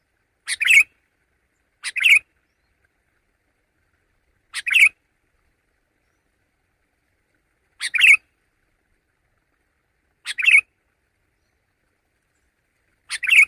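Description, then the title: Sooty-headed bulbul repeating short two-part chirpy phrases six times, at uneven gaps of one to three seconds, in otherwise quiet surroundings. "kutilang"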